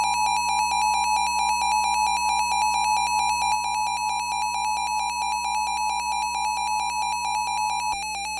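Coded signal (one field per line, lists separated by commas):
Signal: Emergency Alert System (SAME) tones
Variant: 853 and 960 Hz attention tone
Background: music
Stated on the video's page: Fictional EAS scenario.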